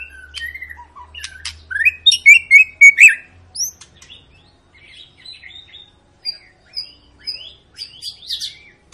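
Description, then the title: White-rumped shama song, a burst of loud chattering notes followed by scattered high whistles and chips. Long lure song of a gacor white-rumped shama, used to make birds sing. "Pancingan Murai Batu Gacor Panjang"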